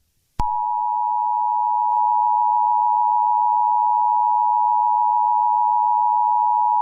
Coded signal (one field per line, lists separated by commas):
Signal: Emergency Alert System (SAME) tones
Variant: 853 and 960 Hz attention tone